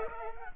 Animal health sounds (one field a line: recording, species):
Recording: mosquito wingbeat signal from an infrared sensor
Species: Culex pipiens